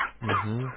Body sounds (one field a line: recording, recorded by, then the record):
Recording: voluntary cough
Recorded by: telephone call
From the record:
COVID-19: positive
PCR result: checked with the laboratory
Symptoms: no